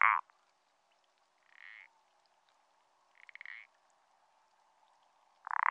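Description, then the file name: Common parsley frog croaks: two soft, short creaks in the middle, framed by louder croaks at the start and end. "pelodyte-ponctué"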